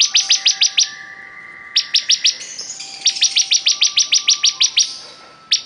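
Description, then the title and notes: Bar-winged prinia delivering rapid strings of high, piercing notes in repeated bursts over faint steady background tones. Ciblek described as gacor (singing constantly and vigorously). "Ciblek Durasi Panjang 2. Suara Burung Ciblek Gacor"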